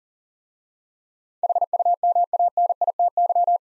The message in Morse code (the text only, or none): HUMANITY